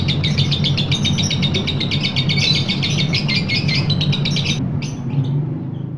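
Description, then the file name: Lovebird trilling in a fast, dry chatter for about four and a half seconds, then stopping abruptly, with a steady low hum underneath. Long trill song style called ngekek panjang. "lovebird-ngekek-panjang-1-omkicau"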